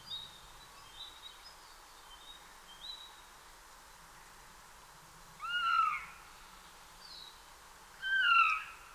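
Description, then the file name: Eurasian jay with faint high notes at first, then two louder descending mew calls in the second half. "Garrulus glandarius"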